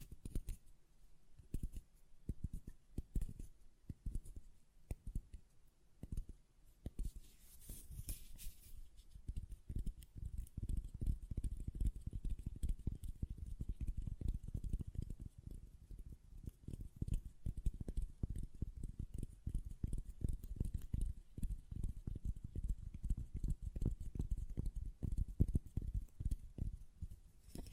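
Glass perfume bottle tapped in quick, uneven clusters of dull knocks that grow denser after ten seconds, with a brief bright rattle near eight seconds.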